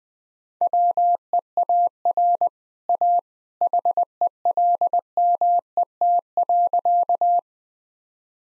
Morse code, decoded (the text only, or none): WEAR A HELMET.